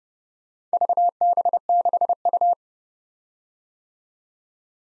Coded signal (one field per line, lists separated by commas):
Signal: Morse code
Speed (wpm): 30 wpm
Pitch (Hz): 700 Hz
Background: none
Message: VB6U